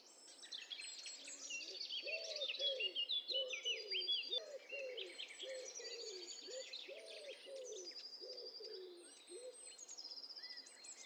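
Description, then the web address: Birds in a dense chorus of overlapping high chirps, whistles and trills, with a lower repeated phrase running underneath most of the time. Several birds calling at once. "Hi Fi STEREO BIRD COCKTAIL PARTY Challenge"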